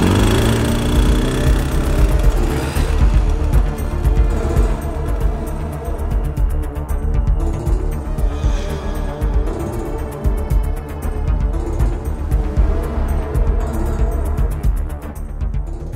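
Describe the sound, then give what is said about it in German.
A motorcycle carrying two riders labors steadily uphill under strain, its low rumbling drone rising and falling with throttle as it climbs, continuous and fairly loud with no voices. “sich das Motorrad schwer. Doch Justus und Bob erreichten die Höhe”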